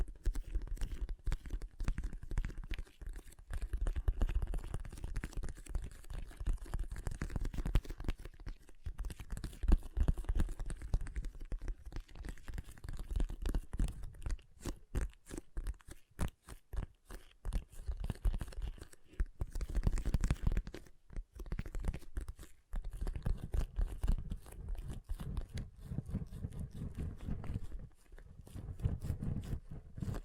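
Water beads rustle and click in a dense, continuous rattle with a heavy low churning, briefly thinning around the middle before swelling again.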